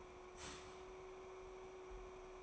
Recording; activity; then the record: daily activity, microphone in the room; start toaster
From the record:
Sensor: 1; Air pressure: 1014.7 hPa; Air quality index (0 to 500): 194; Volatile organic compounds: 29 ppm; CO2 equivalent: 2930 ppm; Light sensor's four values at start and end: 4/9/3/3 and 4/9/3/3